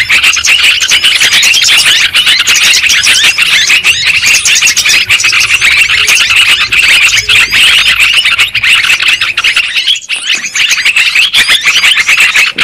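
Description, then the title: Dense lovebird chattering made of piercing squeals and chirps, continuous and loud, with a brief dip in intensity near the end. Lure sound for trapping lovebirds. "PIKAT BURUNG LOVEBIRD"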